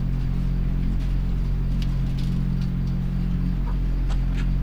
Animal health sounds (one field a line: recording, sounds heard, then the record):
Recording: poultry house recording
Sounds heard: sick chickens (respiratory disease)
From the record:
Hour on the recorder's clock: 21